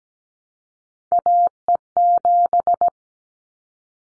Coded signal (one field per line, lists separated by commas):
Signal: Morse code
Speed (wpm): 17 wpm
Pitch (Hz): 700 Hz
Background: none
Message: AE7